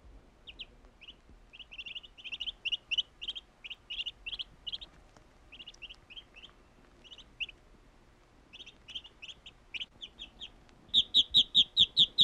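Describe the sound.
Bird song, short bright chirps repeated in quick clusters with pauses, ending with a louder series of sharp, evenly spaced notes.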